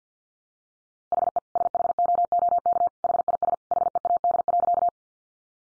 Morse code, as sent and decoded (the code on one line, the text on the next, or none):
.... . / ... .... --- --- -.- / .... .. ... / .... . .- -.. .-.-.-
HE SHOOK HIS HEAD.